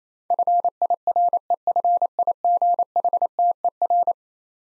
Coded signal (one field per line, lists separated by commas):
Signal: Morse code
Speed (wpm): 28 wpm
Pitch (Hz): 700 Hz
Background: none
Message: FIREFIGHTER